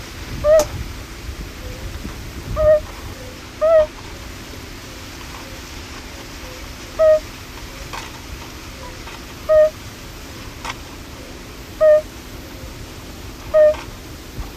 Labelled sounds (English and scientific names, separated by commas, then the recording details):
Fire-Bellied Toad (Bombina bombina) call
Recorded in the wild
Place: Illmitz, AT
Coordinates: 47.7544, 16.7631
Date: 1964-05-18 16:45
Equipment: Uher Report 4000, AKG D190
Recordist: Krey, Winfried